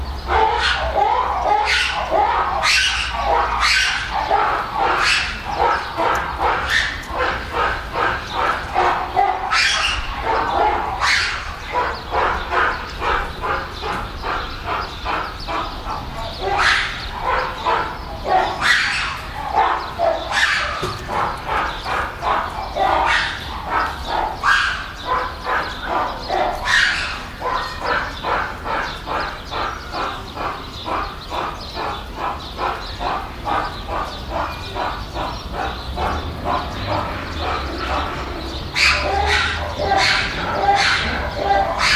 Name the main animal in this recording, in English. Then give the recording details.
Mantled Guereza. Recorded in captivity. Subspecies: caudatus. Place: Zoo Berlin, Berlin, DE. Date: 1996-04-20 17:29. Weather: sonnig, 23°C. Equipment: Sony MD-WM MZ-R3, Sennheiser MKH 416 T, Kopie Uher 4000 Report Monitor. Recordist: Tembrock, Günter